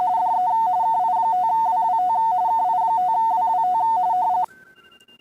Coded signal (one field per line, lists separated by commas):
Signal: RTTY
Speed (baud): 45.45 baud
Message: DE KI5WWT KI5WWT